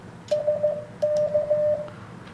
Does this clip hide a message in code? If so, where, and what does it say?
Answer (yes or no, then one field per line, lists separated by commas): yes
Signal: Morse code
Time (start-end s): 0.3-1.7 s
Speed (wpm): 15 wpm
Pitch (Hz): 600 Hz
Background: radio noise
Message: SK